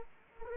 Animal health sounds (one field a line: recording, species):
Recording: mosquito wingbeat signal from an infrared sensor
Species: Anopheles arabiensis